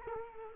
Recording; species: mosquito wingbeat signal from an infrared sensor; Culex quinquefasciatus